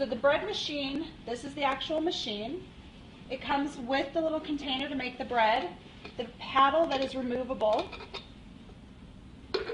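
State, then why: Seated. Someone talks while the removable kneading paddle of a T-fal bread machine is pushed onto the drive shaft inside the bread pan. A short, sharp hit at 9.5 s marks the paddle popping into place, seated on the shaft.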